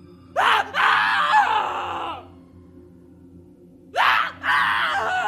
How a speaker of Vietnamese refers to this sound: Bởi tiếng thét của Kỳ thất thanh đã vang lên từ bên trong.